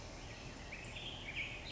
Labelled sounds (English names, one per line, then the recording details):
Black-headed Grosbeak
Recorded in Sonoma County, California